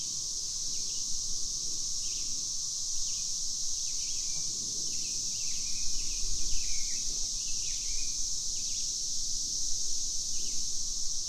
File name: Cicadas Plus Birds Little Grand Jun 2015